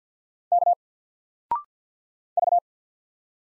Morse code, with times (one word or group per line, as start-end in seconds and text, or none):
0.5-0.7 K
2.4-2.6 V